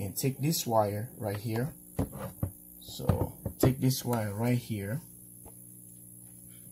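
A communication cable is picked up and brought toward the port of an OutBack Power MATE3s system display and controller before being plugged in. Someone talks through most of the clip, followed by a faint handling sound and quiet. Nothing has clicked or seated yet.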